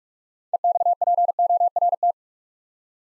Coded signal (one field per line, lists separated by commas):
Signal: Morse code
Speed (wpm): 44 wpm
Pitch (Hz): 700 Hz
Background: none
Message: EXPORT